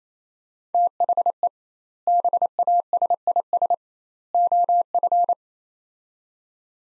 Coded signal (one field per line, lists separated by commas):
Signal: Morse code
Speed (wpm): 28 wpm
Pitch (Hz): 700 Hz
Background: none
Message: THE BASIS OF